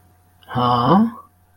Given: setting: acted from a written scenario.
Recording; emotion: vocal sound without words; confusion